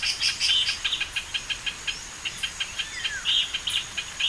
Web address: Pinto's spinetail. پرنده-دم-خاری-پینتو